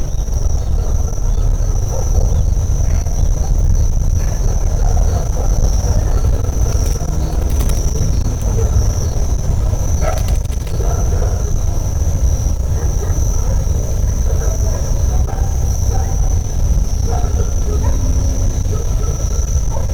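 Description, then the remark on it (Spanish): The town of Santa Rosa, about 5 kilometres away across the pampa, gives off a continuous low rumble that stays steady and unbroken throughout, with a thin, constant high whine faintly above it and no voices. “Ese trueno continuo que hay bien al fondo es Santa Rosa, unos 5 kilómetros.”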